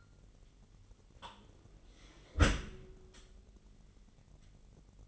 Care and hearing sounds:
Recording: daily activity, microphone in the room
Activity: close dishwasher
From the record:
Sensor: 4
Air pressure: 999.1 hPa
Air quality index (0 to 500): 124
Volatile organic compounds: 2 ppm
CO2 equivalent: 1216 ppm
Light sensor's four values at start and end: 7/17/6/7 and 7/17/6/7

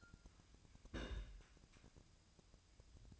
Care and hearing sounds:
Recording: daily activity, microphone in the room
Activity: place on stove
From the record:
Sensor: 2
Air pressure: 999.8 hPa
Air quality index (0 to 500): 122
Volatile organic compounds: 2 ppm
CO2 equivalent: 1052 ppm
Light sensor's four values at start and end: 31/77/33/37 and 31/78/34/38

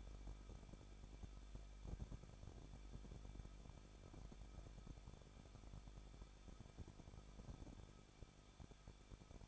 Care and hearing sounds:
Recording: daily activity, microphone in the room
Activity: no activity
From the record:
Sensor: 5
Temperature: 20.9 degrees Celsius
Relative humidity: 38.2%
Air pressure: 1006.4 hPa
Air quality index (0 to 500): 187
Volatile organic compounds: 18 ppm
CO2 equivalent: 2629 ppm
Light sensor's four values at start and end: 2/3/1/1 and 2/3/1/1

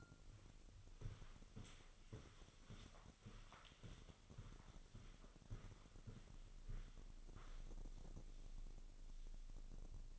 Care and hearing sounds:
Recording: daily activity, microphone in the room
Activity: walk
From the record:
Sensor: 4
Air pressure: 1010.1 hPa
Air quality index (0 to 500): 172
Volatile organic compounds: 2 ppm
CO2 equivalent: 1250 ppm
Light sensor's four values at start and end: 52/130/54/60 and 52/129/54/60

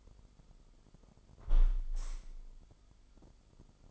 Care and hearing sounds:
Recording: daily activity, microphone in the room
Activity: close window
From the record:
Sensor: 5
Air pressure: 995.8 hPa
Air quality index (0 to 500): 100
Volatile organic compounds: 6 ppm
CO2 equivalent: 1925 ppm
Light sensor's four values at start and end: 40/97/39/41 and 40/96/39/41

